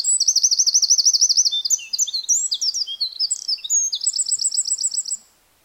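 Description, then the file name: Eurasian wren singing a loud, unbroken high outpouring that opens with a fast rolling trill, runs into sharp varied notes, then ends in another rapid trill. "Troglodytes troglodytes"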